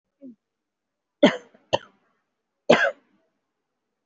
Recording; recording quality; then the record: shallow voluntary cough; excellent, no background noise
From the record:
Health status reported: COVID-19 positive, mild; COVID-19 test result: positive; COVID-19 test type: RT-PCR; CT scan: not taken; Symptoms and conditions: fever, loss of smell and taste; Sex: female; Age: 48 years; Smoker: no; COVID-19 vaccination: both doses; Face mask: worn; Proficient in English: yes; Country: India